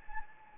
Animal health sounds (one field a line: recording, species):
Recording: mosquito wingbeat signal from an infrared sensor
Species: Anopheles gambiae